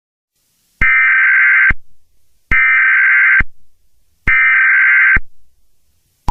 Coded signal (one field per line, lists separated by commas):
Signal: Emergency Alert System (SAME) tones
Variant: header bursts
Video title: EAS Scenario #7: Light's Rampage pt 1: The Beginning